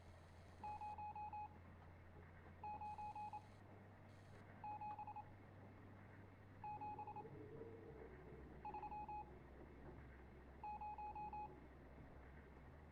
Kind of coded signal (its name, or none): Morse code